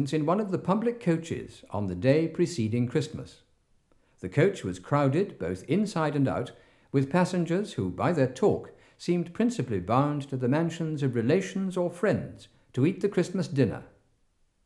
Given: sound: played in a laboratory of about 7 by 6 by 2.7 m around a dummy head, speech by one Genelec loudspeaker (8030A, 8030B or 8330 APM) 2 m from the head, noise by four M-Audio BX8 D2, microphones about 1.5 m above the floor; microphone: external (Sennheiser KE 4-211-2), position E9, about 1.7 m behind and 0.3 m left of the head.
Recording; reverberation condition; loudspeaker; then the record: male speech in English; medium; behind (180 degrees)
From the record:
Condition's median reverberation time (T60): about 510 ms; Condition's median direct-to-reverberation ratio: about -0.5 dB